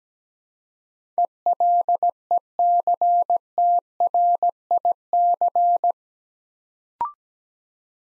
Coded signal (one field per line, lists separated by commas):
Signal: Morse code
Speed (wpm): 17 wpm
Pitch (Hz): 700 Hz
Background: none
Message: ELECTRIC